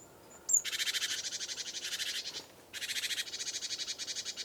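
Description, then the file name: Great tit churring: a long dry, buzzy rattle of rapid pulses, a brief pause, then a second rattle, opened by one sharp high note. "Parus major"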